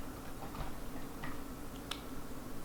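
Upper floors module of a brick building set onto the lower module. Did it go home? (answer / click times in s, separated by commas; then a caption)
yes / 1.9 s. The upper two-floor module of a LEGO Ninjago City Gardens set (2021, set 71741), a large plastic brick building, is lowered onto the module below, where it rests with no stud connections. A soft contact knock comes at 1.2 s, then a sharp, bright tap at 1.9 s as the module sits and locks firmly into place.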